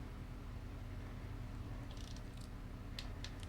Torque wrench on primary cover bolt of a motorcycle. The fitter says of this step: I'm just going to run until it clicks.